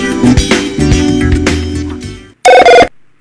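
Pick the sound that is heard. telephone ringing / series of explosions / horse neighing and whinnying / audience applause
telephone ringing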